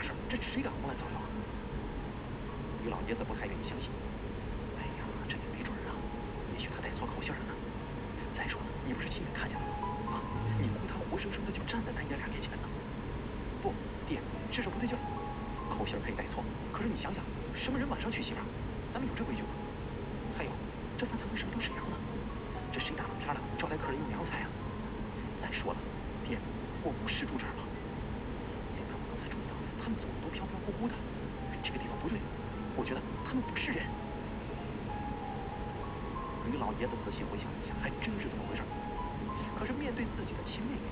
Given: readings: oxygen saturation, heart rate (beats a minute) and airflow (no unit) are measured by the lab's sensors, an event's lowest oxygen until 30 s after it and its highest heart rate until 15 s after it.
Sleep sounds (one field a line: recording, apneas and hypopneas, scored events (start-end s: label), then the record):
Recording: breathing in sleep by a voice recorder at the bedside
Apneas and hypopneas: none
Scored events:
none scored
From the record:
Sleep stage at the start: N1 (lightest sleep)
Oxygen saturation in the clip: 94%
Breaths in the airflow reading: 14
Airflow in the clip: -1.3 to 2.1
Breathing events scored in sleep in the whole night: 335 in 6.7 hours asleep